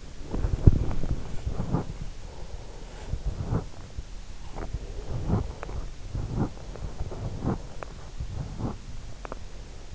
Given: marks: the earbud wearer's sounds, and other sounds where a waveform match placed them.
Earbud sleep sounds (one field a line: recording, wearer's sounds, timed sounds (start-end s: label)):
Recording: sounds in sleep by an in-ear microphone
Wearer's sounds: body movement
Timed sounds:
0.00-2.22 s: body movement